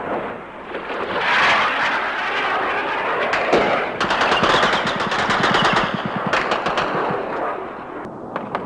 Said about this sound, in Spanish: Ahora el tiroteo es mucho más intenso y se ve que además otro de los blancos es el mercante argentino que está en la bahía. Contestan nuestras baterías antiaéreas y se ve el refulgir de sus disparos en el aire. Un ruido que ahora se hace más intenso.